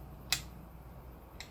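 A clock hand is pressed down onto the clock movement spindle of a resined vinyl record clock and seats with a sharp click at 0.3 s. A fainter tick follows at 1.4 s over a low background hum.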